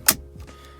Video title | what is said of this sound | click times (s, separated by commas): NEW START STOP BUTTON DIY! // 2009 BMW 328i | it look at that snaps right back in so | 0.1 s